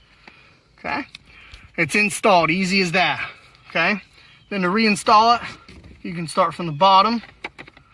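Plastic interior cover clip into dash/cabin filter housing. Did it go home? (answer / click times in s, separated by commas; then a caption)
no / none. Someone talks while handling a plastic interior cover clip that fits into the dash/cabin filter housing of a 2014–2021 Jeep Cherokee, reinstalling the cover by pushing its bottom edge in first. A few faint handling taps follow near the end. Nothing has seated or clicked yet.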